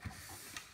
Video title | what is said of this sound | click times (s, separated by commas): Cleaning & Restoring: NES Front Loader | down and locks into place on all sides which mine right now is because it's not moving around at all | 0.6 s